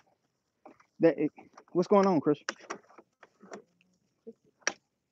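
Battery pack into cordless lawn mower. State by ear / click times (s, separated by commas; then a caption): seated / 4.7 s. A rechargeable battery pack is pushed into the battery slot of a cordless lawn mower. Someone talks through most of the clip, and a few soft knocks follow before a sharp click at 4.7 s as the pack seats. The battery is confirmed clicked in.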